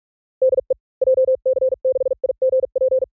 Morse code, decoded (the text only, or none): DE JC6IGP